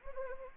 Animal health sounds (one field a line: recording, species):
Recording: mosquito wingbeat signal from an infrared sensor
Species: Anopheles arabiensis